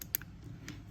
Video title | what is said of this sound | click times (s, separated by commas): Flushing RICOH RI2000 Printer Head | Now you're gonna hear a click on both sides. | 0.1 s, 0.7 s